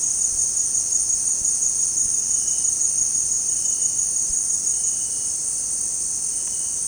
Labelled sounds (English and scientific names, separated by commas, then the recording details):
none
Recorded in secondary vegetation near Puerto Asís, Putumayo, Colombia, on 25 June 2025 at 17:00
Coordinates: 0.484, -76.319
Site G074